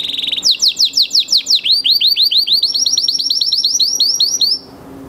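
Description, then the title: Belgian canary song: a short steady whistle, then fast repeated chirps in a rapid rhythmic series, running without pause for about four seconds. Male Belgian canary singing a lot; recording used for training young canaries to sing. "Esquente Seu Filhote E Canario Belga Em 30 Minutos Macho Cantando Muito. Canary 's most powerful song for training"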